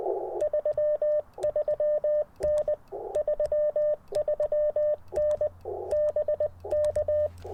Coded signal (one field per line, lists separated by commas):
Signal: Morse code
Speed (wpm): 20 wpm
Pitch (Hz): 590 Hz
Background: none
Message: 33N 33N BK